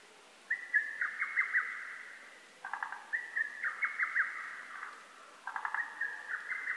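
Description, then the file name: Lesser cuckoo song: three staccato phrases of rapid notes, with short lower bursts of quick notes between them. Recorded on 12 June 2010. "hototogisu 20100612"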